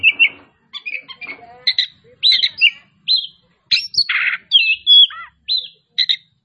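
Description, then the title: Oriental magpie-robin song: varied bursts of clear whistles, buzzy notes and sharp chirps in quick phrases separated by short pauses. Labelled 'Kacer Tretes'; described as gacor (singing continuously and vigorously). "Kacer Tretes Gacor"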